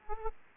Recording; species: mosquito wingbeat signal from an infrared sensor; Aedes aegypti